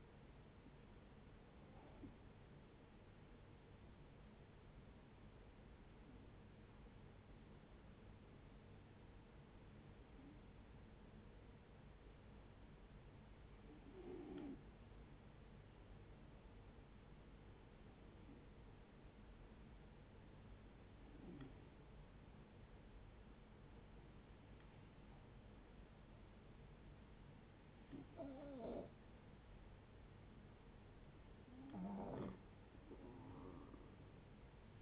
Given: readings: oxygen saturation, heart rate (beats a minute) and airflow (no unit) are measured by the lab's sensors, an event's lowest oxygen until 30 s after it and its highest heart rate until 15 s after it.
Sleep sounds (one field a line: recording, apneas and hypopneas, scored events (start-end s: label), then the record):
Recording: breathing in sleep by a voice recorder at the bedside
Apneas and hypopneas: 1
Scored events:
3.00-29.40 s: hypopnea (N1, oxygen 95% highest, then 85% lowest, heart rate 74 at the start, 78 highest)
11.00-34.82 s: new sleep stage, N2 (light sleep)
From the record:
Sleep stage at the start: N1 (lightest sleep)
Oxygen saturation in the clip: 75 to 95%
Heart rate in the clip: 70 to 80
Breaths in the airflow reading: 9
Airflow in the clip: -5.5 to 4.9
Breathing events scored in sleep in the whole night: 496 in 5.4 hours asleep